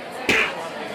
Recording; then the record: coughing mixed with background sound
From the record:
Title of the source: 64 coughing, allergies, singing lungs